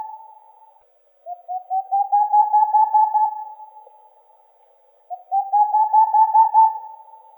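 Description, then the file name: Boreal Owl call: two bursts of rapid, soft hollow hoots, each series swelling louder and rising slightly in pitch, separated by a pause. "Aegolius funereus"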